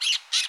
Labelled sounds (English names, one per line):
Brown-throated Parakeet contact call